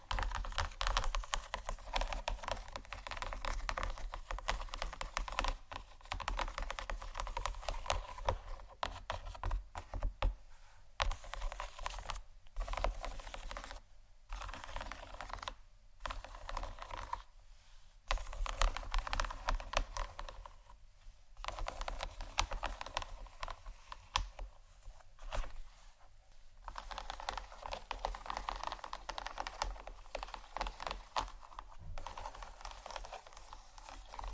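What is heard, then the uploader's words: Gentle scratching runs almost continuously, a dense, fine rustle with quick irregular strokes that sounds close to keyboard tapping. Short silent gaps break it up every few seconds, most clearly around 10 to 18 and 21 to 26 seconds. A faint low hum sits underneath throughout. ASMR Gentle Scratching For Sleep（No Talking）.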